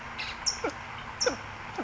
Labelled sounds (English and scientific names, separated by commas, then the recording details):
California Towhee (Melozone crissalis)
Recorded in Sonoma County, California